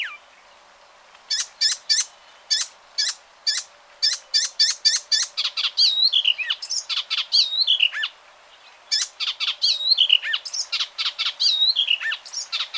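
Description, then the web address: Bird giving a long series of rapid, high, clipped chirps, some with hooked upslurred ends, broken by one short pause. "ornitologiya slovar Ptichki"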